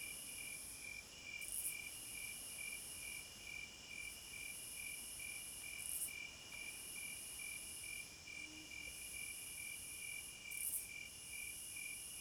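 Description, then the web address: Cricket chorus: fast regular pulsed chirps and a sustained high insect drone, with short high bursts recurring every few seconds. Night forest ambience, described as a midnight concert. "Sounds of Nature Hypnotizing Forest- Wolves, Crickets, Owls and Singing Birds Midnight Concert"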